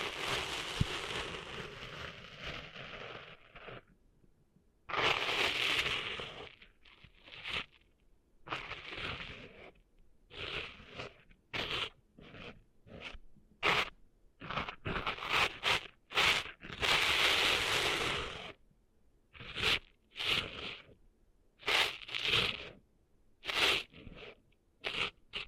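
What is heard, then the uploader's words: Scratchy, gritty scraping from cleaning sand out of ears, starting with a steady rasp for about four seconds. After that it breaks into irregular bursts of crunching and crackling, some drawn out, many short and quick, separated by brief silences. ASMR Cleaning Sand Out of Your Ears (No Talking).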